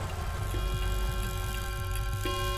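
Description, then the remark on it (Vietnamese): A wall clock in a bedroom ticks late at night in a steady, even rhythm, the soft clicks sitting over a constant low hum and a few faint sustained tones. No one speaks. “Tiếng kim đồng hồ trên tường dội vào tai tôi trong cơn mơ màng.”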